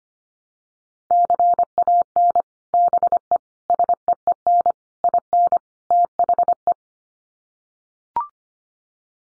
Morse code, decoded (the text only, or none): CAN BE SEEN IN THE